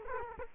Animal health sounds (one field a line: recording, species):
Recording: mosquito wingbeat signal from an infrared sensor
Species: Culex quinquefasciatus